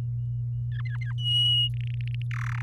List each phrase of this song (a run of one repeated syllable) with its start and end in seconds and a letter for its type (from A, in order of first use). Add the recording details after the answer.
0.72-1.13 A, 1.18-1.68 B, 1.74-2.22 C, 2.31-2.62 D. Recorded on 11 May 2018 at 10:17. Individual llb16